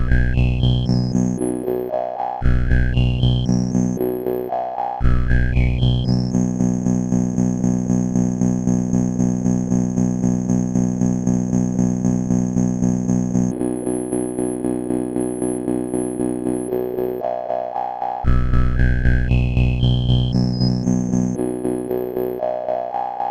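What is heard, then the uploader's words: A resonant bass drone pulses steadily while a bright whistling tone sweeps upward repeatedly, holding long high notes midway before rising sweeps return. Resonant Bass Drone by daemonElectricity.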